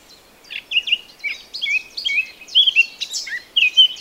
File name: Sylvia atricapilla